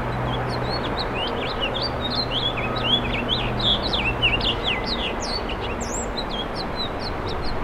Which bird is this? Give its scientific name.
Haemorhous mexicanus